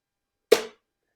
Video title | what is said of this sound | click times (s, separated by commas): Allpowers S300 Portable Power Station (Cheapest Per Watt Hour Solar Generator) | Hear that snaps in there? | 0.5 s